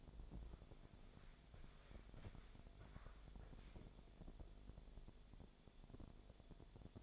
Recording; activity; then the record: daily activity, microphone in the room; walk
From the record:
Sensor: 5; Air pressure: 1000.6 hPa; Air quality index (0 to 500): 133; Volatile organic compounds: 2 ppm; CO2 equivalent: 1039 ppm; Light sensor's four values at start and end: 45/105/43/45 and 45/105/43/45